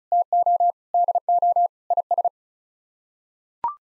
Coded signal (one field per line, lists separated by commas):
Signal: Morse code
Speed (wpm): 36 wpm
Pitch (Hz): 700 Hz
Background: none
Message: TO DO IS